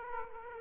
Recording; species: mosquito wingbeat signal from an infrared sensor; Aedes aegypti